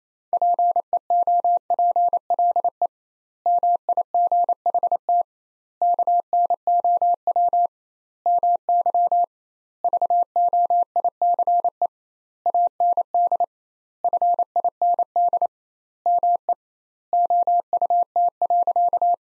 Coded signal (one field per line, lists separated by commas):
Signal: Morse code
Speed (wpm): 28 wpm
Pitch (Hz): 700 Hz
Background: none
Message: PEOPLE MIGHT KNOW MY VOICE AND FIND ME OUT.